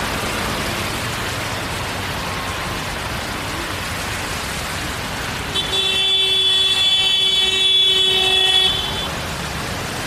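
Steady rain hisses throughout while a vehicle passes, and a long, bright horn blares from about five and a half to nine seconds.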